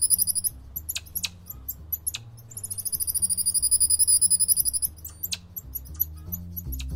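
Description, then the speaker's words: Goeldi's marmoset calls: thin, high whistled chirps in quick repeated bursts, some held notes, over low background tones. Captive marmosets at a zoo in Dublin. "That was the sound of geldies marmosets in Dublin Zoo."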